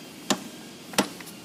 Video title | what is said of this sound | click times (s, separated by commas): 2017 FLHXSE OVERVIEW FOR TROY | to hear it catch that's good and do the other one now | 0.3 s, 1.0 s